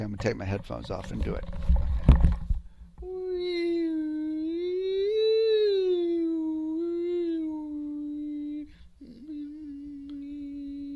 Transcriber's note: makes resonant sounds